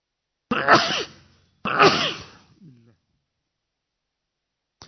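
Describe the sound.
Two loud sneezes about a second apart, each a sharp hissing burst with a voiced edge, followed by a short low vocal murmur and then silence.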